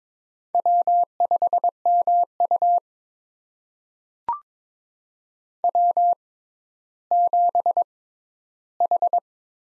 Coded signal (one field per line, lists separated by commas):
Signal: Morse code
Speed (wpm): 22 wpm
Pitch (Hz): 700 Hz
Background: none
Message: W5MU W7H